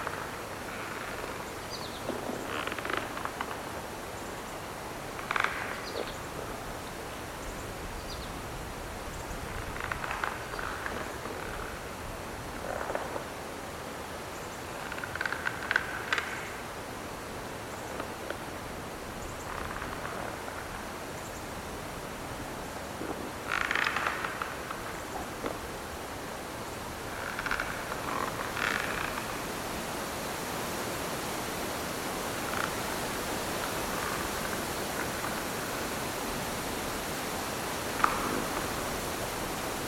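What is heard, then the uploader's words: Trees creak in the wind, their short squeaking groans rising out of a steady hiss every few seconds, clustering near the start, around the middle, and again near the end. The rushing wind holds constant underneath, with a faint low rumble throughout. Trees Creaking in the Wind: Nature Soundscape. Find peace in a forest with trees creaking on a windy day.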